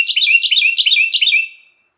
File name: suara-kicauan-burung-carolina-wren-variasi-2-omkicau